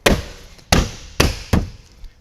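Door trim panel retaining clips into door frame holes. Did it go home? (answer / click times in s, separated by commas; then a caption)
yes / 0.1 s, 0.7 s, 1.2 s. A plastic door trim panel on a 2019 Jeep Grand Cherokee front door, with its retaining clips lined up with their holes in the metal door, is smacked by hand along its edge, giving sharp thuds at 0.1, 0.7, 1.2 and 1.5 seconds. The blows at 0.1, 0.7 and 1.2 seconds snap the clips back in, and the panel is seated.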